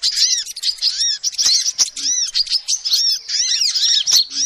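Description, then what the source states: Lovebird calls, a continuous stream of piercing, squeaky chirps and arched notes with occasional sharp clicks. Used as a lure (pikat) to trap birds.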